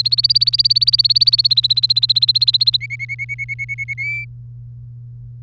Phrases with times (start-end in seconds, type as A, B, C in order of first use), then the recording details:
0.00-2.77 A, 2.81-3.94 B, 3.98-4.25 C. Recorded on 3 May 2018 at 09:49. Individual llb3